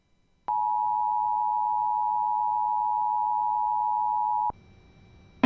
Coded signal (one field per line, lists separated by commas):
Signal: Emergency Alert System (SAME) tones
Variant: 853 and 960 Hz attention tone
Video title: Tornado warning (radar indicated )￼ (Eas 51)